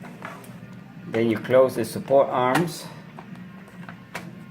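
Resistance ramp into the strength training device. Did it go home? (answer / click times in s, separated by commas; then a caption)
yes / 0.2 s. A small resistance ramp is pushed into a strength training device and clicks into place with one sharp hit at 0.3 s, leaving it seated. Someone then talks, and a few faint knocks follow near 3.2, 3.9 and 4.2 s.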